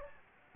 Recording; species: mosquito wingbeat signal from an infrared sensor; Anopheles gambiae